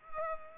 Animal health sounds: mosquito wingbeat signal from an infrared sensor; Culex pipiens

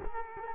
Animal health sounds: mosquito wingbeat signal from an infrared sensor; Culex quinquefasciatus

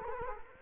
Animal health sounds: mosquito wingbeat signal from an infrared sensor; Culex quinquefasciatus

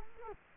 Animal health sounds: mosquito wingbeat signal from an infrared sensor; Culex quinquefasciatus

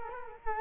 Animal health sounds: mosquito wingbeat signal from an infrared sensor; Culex quinquefasciatus

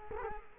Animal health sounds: mosquito wingbeat signal from an infrared sensor; Culex quinquefasciatus

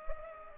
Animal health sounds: mosquito wingbeat signal from an infrared sensor; Culex pipiens

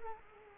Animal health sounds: mosquito wingbeat signal from an infrared sensor; Culex quinquefasciatus

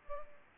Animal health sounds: mosquito wingbeat signal from an infrared sensor; Aedes albopictus

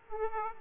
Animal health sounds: mosquito wingbeat signal from an infrared sensor; Aedes aegypti

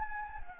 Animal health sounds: mosquito wingbeat signal from an infrared sensor; Anopheles gambiae

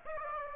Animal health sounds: mosquito wingbeat signal from an infrared sensor; Aedes aegypti

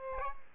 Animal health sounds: mosquito wingbeat signal from an infrared sensor; Aedes albopictus

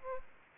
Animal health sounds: mosquito wingbeat signal from an infrared sensor; Aedes aegypti

